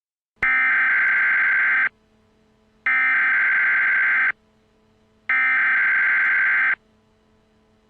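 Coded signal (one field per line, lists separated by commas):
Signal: Emergency Alert System (SAME) tones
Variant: header bursts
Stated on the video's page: Fictional EAS scenario.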